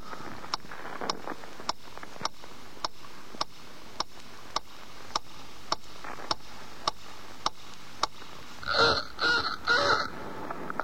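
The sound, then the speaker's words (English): A quiz countdown clock ticks steadily through a 10-second answer time, sharp regular clicks roughly twice a second, then stops as a few harsh, raspy honking bursts sound at the end. “10 seconds if you want it on the clock again.”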